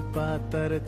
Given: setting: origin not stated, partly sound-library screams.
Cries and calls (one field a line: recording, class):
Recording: one-second piece from a danger detection set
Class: normal situation